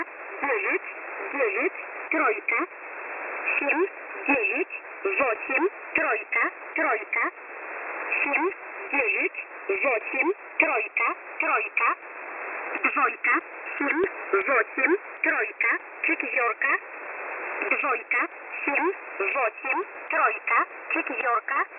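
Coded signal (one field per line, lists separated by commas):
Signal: numbers station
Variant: S11a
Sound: voice reading five-digit number groups, each group spoken twice, at a steady pace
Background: radio static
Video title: S11a Message 20/11/2022 0830 UTC 5371kHz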